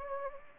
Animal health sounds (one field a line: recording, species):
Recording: mosquito wingbeat signal from an infrared sensor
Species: Anopheles gambiae